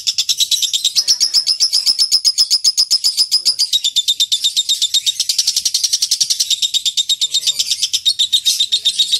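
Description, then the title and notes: Lovebird ngekek song: a long, rapid, unbroken chattering trill of high, sharp notes, steady and fast with slight shifts in pitch throughout. Ngekek style song, a long chattering lovebird song used as a lure or training song for other birds. "Master Kicau Lovebird ngekek, kicau pancingan"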